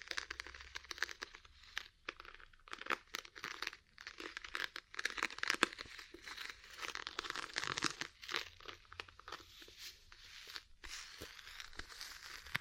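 Ear cleaning sounds: dense, scratchy crinkling and rubbing that fills the middle and upper range almost without pause. Short gaps of near-silence break it up irregularly, and the loudness flickers constantly with quick bursts. A faint low hum sits underneath.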